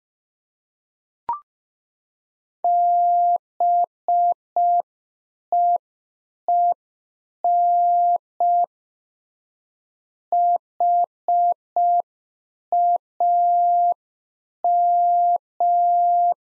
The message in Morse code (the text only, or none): BEEN HAM